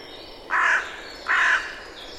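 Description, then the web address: Bird giving two harsh caws, about three-quarters of a second apart, over a quiet background. "Deverinetal 2025 File origin Bird Only"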